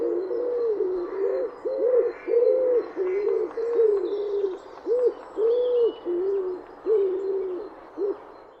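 Bird cooing: low, soft, hollow arched coos repeated in a phrase, each about half a second, with short gaps between them.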